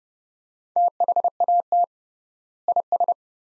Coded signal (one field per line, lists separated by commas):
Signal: Morse code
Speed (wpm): 32 wpm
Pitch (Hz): 700 Hz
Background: none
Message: THAT IS